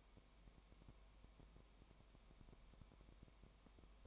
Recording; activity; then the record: daily activity, microphone in the room; no activity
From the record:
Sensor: 1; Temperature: 19.0 degrees Celsius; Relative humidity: 34.1%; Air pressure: 1001.3 hPa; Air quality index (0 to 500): 82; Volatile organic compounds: 1 ppm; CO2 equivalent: 824 ppm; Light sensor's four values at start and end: 1/2/1/1 and 1/2/1/1